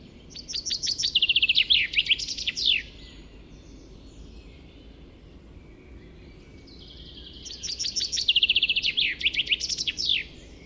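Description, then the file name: Common chaffinch song: two bright, rattling phrases of quick repeated notes dropping in pitch and ending in a sharp flourish, separated by several quiet seconds. "Fringilla coelebs"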